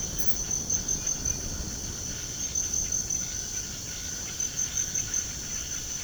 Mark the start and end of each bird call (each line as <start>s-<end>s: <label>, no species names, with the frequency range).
0.09s-6.04s: bird call (1.1-4.8 kHz)